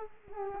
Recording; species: mosquito wingbeat signal from an infrared sensor; Culex quinquefasciatus